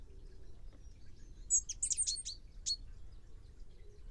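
Bird calls: a quick cluster of five or six sharp, high chirps, then one more chirp shortly after.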